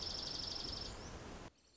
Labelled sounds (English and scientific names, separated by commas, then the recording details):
Dark-eyed Junco (Junco hyemalis)
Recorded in Sonoma County, California